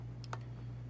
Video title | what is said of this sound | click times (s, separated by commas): Hikari LED Bulb install Fiesta ST | you kind of a place to twist on you need to feel that that last solid click when it engages so make sure you've got that good and engaged | 0.2 s, 0.3 s